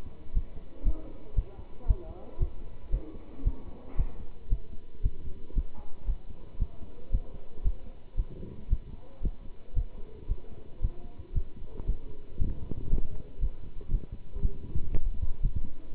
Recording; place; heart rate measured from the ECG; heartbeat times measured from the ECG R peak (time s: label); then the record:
heart sounds by stethoscope; between the tricuspid and mitral areas; 116 bpm
0.33 s: heartbeat
0.83 s: heartbeat
1.35 s: heartbeat
1.86 s: heartbeat
2.38 s: heartbeat
2.90 s: heartbeat
3.43 s: heartbeat
3.96 s: heartbeat
4.49 s: heartbeat
5.02 s: heartbeat
5.54 s: heartbeat
6.06 s: heartbeat
6.58 s: heartbeat
7.11 s: heartbeat
7.62 s: heartbeat
8.16 s: heartbeat
8.69 s: heartbeat
9.21 s: heartbeat
9.74 s: heartbeat
10.27 s: heartbeat
10.80 s: heartbeat
11.32 s: heartbeat
11.85 s: heartbeat
12.38 s: heartbeat
12.89 s: heartbeat
13.40 s: heartbeat
13.90 s: heartbeat
14.41 s: heartbeat
14.91 s: heartbeat
15.41 s: heartbeat
15.91 s: heartbeat
From the record:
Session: pedaling a stationary bicycle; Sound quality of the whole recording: good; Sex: male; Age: 27 years